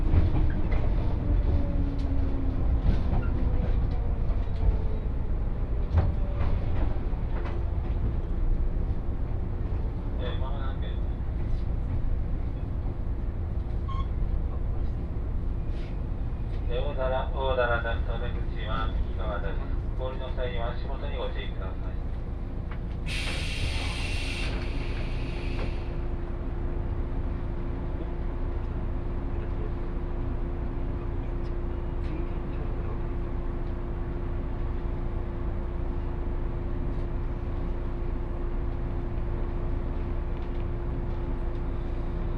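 A ride on the Akō Line train from Okayama toward Saidaiji, with a steady, dense low rumble throughout. Voices or an announcement come through around 16–22 seconds, a bright tone sounds at about 23–26 seconds, and a constant hum continues afterward.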